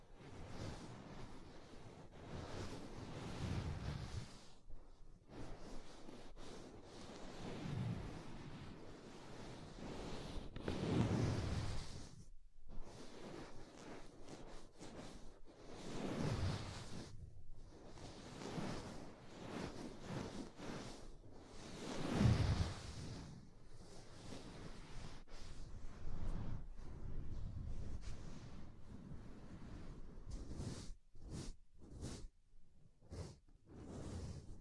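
Soft, fluffy ASMR ear triggers: soft whooshing rubs that swell and fade in waves, with short pauses and quick brushing strokes near the end.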